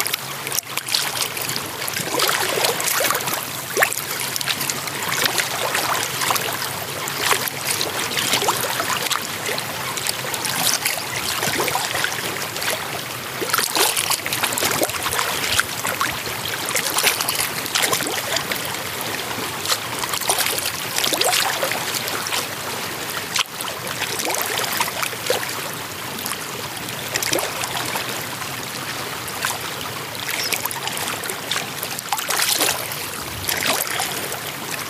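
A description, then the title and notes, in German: Water at a lakeshore laps and splashes steadily, with bright frequent droplet sounds and no clear duck calls standing out. Natur - Fuschlsee, Salzburger Land.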